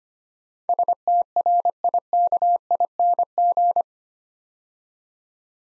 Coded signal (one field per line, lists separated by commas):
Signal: Morse code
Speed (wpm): 26 wpm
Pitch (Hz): 700 Hz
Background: none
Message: STRIKING